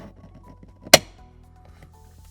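A plastic pro clip dash mount on a 2020-2022 Hyundai Ioniq is pushed up and in so its seam wraps around the other side of the car pillar trim. One very loud, sharp click rings out at 0.9 s against quiet background hum. The mount is seated on the pillar.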